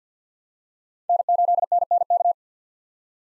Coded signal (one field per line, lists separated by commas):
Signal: Morse code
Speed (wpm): 50 wpm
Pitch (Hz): 700 Hz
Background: none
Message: N8NNK